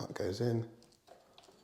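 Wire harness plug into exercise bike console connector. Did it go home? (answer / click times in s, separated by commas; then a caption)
no / none. Someone talks briefly while handling the back wiring harness connector, with its lug, as it is being pushed toward its mating plug on the NordicTrack X24 exercise bike console. After the talking, only faint, quiet handling ticks are heard. The connector has not seated or clicked yet.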